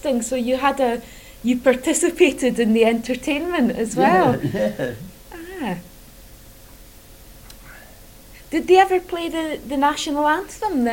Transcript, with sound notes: So you had a, you participated in the entertainment as well.
Yeah, [laughs] yeah.
Ah. Did they ever play The National Anthem then?